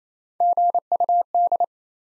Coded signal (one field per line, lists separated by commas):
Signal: Morse code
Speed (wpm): 28 wpm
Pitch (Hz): 700 Hz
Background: none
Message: GUD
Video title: Top 20 QSO Elements 28wpm